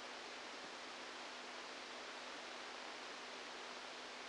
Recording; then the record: brain microelectrode recording played as sound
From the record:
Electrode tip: outside the subthalamic nucleus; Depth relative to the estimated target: -6 mm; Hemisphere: left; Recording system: NeuroSet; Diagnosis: Parkinson's disease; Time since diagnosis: 17 years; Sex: male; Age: 64 years